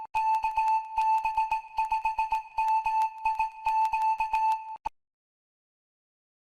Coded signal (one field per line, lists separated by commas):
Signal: Morse code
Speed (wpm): 19 wpm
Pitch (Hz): 880 Hz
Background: music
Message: KB5MIQ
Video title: New ham tips and social media. #hamradio #hfradio